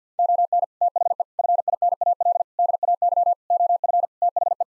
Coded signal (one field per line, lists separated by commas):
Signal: Morse code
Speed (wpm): 50 wpm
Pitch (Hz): 700 Hz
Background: none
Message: ON THE FINAL DAY OF THE